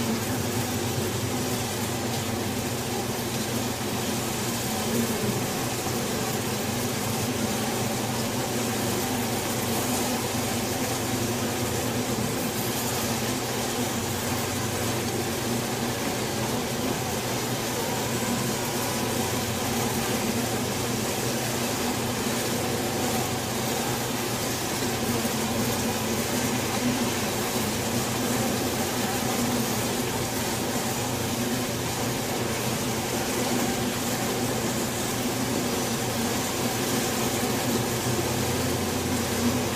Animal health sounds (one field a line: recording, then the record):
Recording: honeybee colony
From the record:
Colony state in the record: swarm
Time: day